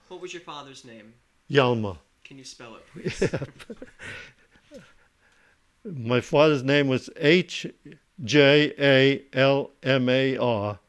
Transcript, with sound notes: What was your father's name?
Hjalmar.
Can you spell it, please?
( he laughs ) Yup. My father's name was H-J-A-L-M-A-R,